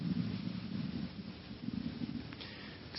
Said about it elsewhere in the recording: If you can hear that through the microphone, my stomach is growling.